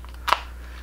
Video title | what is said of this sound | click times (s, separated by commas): Venom Theme Marvel Legends 6" Poison & Monster Venom Build-A-Figure Review | that one snapped in much easier | 0.3 s